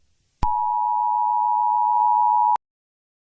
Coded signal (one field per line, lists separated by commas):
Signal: Emergency Alert System (SAME) tones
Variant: 853 and 960 Hz attention tone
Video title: SCARY EAS #scary #horror